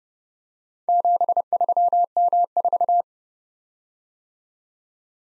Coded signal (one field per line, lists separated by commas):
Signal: Morse code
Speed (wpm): 28 wpm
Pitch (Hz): 700 Hz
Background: none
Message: 73M4